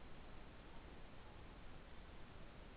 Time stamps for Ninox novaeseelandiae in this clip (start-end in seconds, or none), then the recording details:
0.61-1.37. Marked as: faintness 5/5. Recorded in New Zealand. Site Taranaki